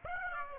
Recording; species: mosquito wingbeat signal from an infrared sensor; Aedes aegypti